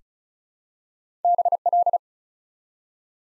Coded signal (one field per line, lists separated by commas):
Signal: Morse code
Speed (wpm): 36 wpm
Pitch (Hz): 700 Hz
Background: none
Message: BL